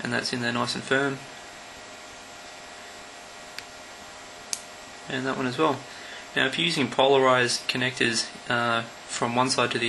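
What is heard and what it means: Someone talks while a second crimped lead pin is pushed into a plastic connector housing. After a faint tick at 3.6 seconds, the pin latches with a sharp click at 4.5 seconds. The pin is firmly seated.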